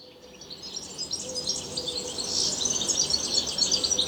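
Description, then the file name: European goldfinch song, a dense stream of high tinkling twitters that grows louder, with a faint low hum underneath. "Carduelis carduelis"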